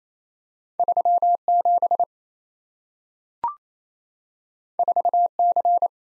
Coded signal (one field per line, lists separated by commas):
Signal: Morse code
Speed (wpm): 28 wpm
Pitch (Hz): 700 Hz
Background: none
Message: 37 4C